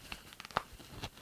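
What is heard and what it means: A swappable plastic shoe/foot of a Trick or Treat Studios Halloween 1978 Michael Myers action figure is pushed onto the leg peg, a plastic peg going into a hole. Several small plastic clicks sound at about 0.1, 0.4, 0.5 and 0.5 seconds, then the loudest and last click at 0.6 seconds as the foot seats. The foot fits onto the peg very easily.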